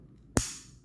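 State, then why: Partly seated. During reassembly of a Civivi Rustic Gent Damascus folding knife, the pivot pin is pushed through the handle, blade and washer against some resistance. A single sharp hit sounds at 0.4 s with a bright high ring that fades over the next half second. The pivot goes through, but the washer is still not seated properly, so the pivot is not fully home.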